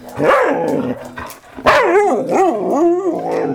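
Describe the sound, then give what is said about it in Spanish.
A small female dog yaps and yelps in a quick, continuous string of high, wavering barks, loud and on its own with no talking. “Mi nombre es Agripina, soy una perrita que habla.”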